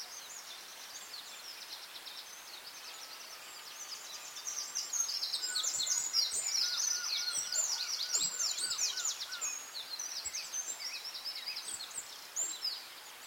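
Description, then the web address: Birds in a dawn chorus: several singers overlap with high, thin trills and rapid chirps that swell in the middle, then thin out, with a few lower whistled notes beneath. Dawn chorus recorded at dawn on Anglesey, Wales. "beanstalk-audio Dawn chorus in Anglesey Wales"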